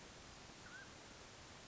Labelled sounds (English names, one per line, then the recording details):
Mountain Quail
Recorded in Sonoma County, California